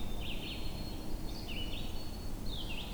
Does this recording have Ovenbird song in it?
no